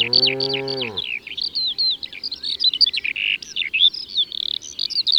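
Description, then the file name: Eurasian skylark song of rapid warbling and chirping notes; a low, moo-like call sounds briefly at the start. Recorded in Ardèche, France. "Alouette-Des-Champs-Concerts-Naturels-De-l Ardeche"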